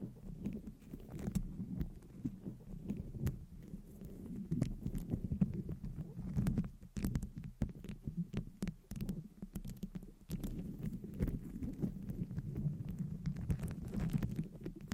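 Long nails scratch and tap on a mic, a dense, continuous rustle with a low, muffled rumble underneath. Sharp clicks and taps land irregularly throughout, thickest between about four and eight seconds, with a faint steady hum beneath it all.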